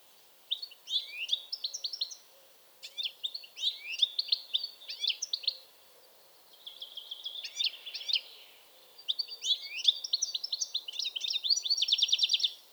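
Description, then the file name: European goldfinch song: repeated phrases of bright, tinkling twitters and buzzy rattles, separated by brief pauses. "Carduelis carduelis"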